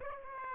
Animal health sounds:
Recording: mosquito wingbeat signal from an infrared sensor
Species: Aedes aegypti

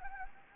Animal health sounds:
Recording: mosquito wingbeat signal from an infrared sensor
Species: Anopheles gambiae

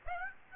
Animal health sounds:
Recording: mosquito wingbeat signal from an infrared sensor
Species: Aedes aegypti

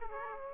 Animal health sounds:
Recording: mosquito wingbeat signal from an infrared sensor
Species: Aedes aegypti

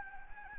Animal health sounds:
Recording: mosquito wingbeat signal from an infrared sensor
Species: Anopheles gambiae

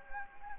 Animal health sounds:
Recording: mosquito wingbeat signal from an infrared sensor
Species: Anopheles gambiae

